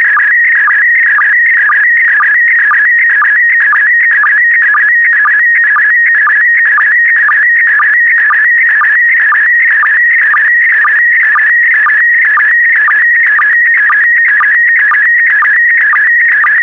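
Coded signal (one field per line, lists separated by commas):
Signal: SSTV (slow-scan television)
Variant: PD120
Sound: steady warbling, chirping tone with a rhythmic click-like dip about twice per second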